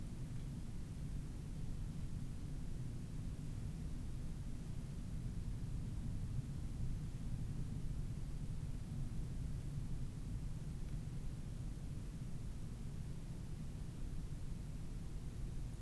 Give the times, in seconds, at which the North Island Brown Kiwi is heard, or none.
none